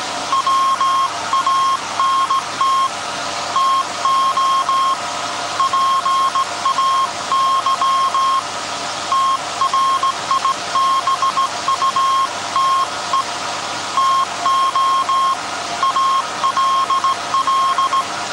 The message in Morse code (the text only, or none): WANT TO PAY TRIBUTE TO ALL